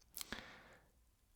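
The crown of an Addiesdive AD2112 Explorer-homage watch with an NH38 movement is pushed back in from the date-setting position into its metal case. It seats with a single sharp click at 0.2 s, followed by two softer ticks near 0.3 s and 0.4 s and a faint fading ring. Because there is no phantom date position, that one click restarts the movement.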